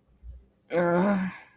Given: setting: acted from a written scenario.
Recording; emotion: vocal sound without words; pain